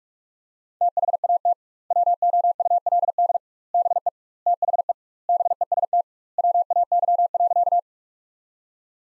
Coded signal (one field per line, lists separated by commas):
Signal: Morse code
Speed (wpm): 45 wpm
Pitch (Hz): 700 Hz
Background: none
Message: THAT WOULD BE THE BEST WAY.